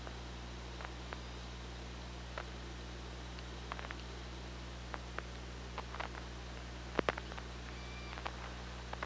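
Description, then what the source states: Killer whale clicks scattered throughout, a strong click burst near seven seconds and a faint tonal whistle after, over steady hum. Recorded by OrcaLab hydrophone on 24 August 2017 at 15:43.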